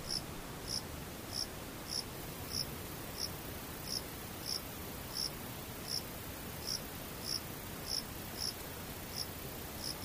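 Distant insects give short, high chirps about every half second over a steady, soft hiss that otherwise sounds nearly silent.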